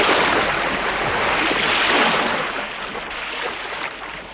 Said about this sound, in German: Es rauschen Strom und Wasserfall. Und immer noch kein Klempner. Schon wogt das Meer.